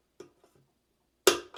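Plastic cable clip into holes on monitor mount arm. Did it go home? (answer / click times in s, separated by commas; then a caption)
yes / 1.3 s. A plastic cable management clip is lined up with the holes on a monitor mount arm for a vertical dual monitor mount for 17–34 inch screens and pushed in. A few faint soft ticks come first, then a loud, sharp snap at 1.3 s as the clip seats in the arm.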